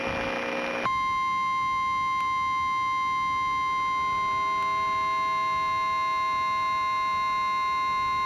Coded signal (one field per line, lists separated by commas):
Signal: Emergency Alert System (SAME) tones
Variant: 1050 Hz attention tone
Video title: (EAS Mock): SoCal Tornado Watch